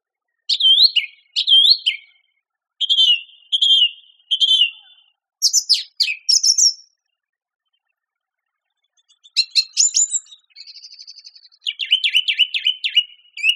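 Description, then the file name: Song thrush song: varied phrases, each often repeated two or three times, mixing rich whistles, clipped notes and a soft buzzy stretch, with a pause midway. "suara kicauan burung song thrush. omkicau"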